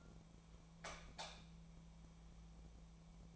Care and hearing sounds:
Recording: daily activity, microphone in the room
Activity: light off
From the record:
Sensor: 1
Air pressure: 1000.0 hPa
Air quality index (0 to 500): 127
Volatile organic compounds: 2 ppm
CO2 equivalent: 1205 ppm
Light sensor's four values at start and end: 42/112/46/56 and 39/98/41/50

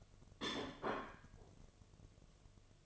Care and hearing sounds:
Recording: daily activity, microphone in the room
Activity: place plate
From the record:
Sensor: 4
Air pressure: 1005.1 hPa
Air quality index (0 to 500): 182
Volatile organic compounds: 5 ppm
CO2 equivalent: 1787 ppm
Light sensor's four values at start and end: 5/11/4/4 and 5/11/4/4

